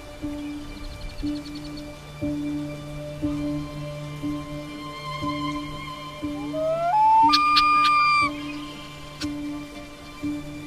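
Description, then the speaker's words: Common Loon howl rising in pitch and holding, partly masked by a pulsing musical accompaniment. Prolonged howl. "having come up 50 rods off, he uttered one of those prolonged howls, as if calling on the god of loons to aid him."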